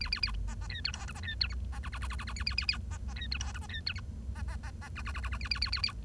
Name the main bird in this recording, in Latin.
Lonchura striata domestica